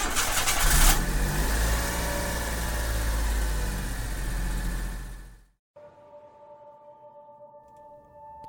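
A car engine cranks and catches with a burst at the start, then roars in a loud, sustained rev before cutting off abruptly, leaving a quiet hum with faint steady tones.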